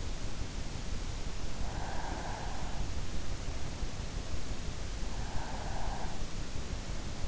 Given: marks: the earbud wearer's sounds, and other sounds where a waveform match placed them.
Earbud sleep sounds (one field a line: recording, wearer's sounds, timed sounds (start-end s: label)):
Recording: sounds in sleep by an in-ear microphone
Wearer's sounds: breath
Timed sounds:
1.24-2.90 s: breath
4.96-6.27 s: breath